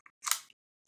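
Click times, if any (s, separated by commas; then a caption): 0.3 s. A detachable Nintendo Switch game controller is slid onto the plastic rail of its console or grip until it locks. A faint tap at 0.1 s is followed by a bright, hissing slide from about 0.2 s with a sharp click at 0.3 s, then a small tick at 0.5 s and another short sound at 0.9 s. The controller seats and locks on the rail.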